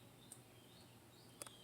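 On a 2007–2013 Mercedes-Benz GL 450, the plastic wiring plug for the footwell lamp is handled at the lamp housing on the driver-side leg panel of the lower dash. A steady low background hum is broken by a brief tick at 0.3 s and a quick double tick near 1.4–1.5 s. The connector has not clicked or seated yet.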